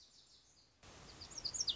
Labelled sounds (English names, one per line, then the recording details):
Lazuli Bunting
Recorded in Sonoma County, California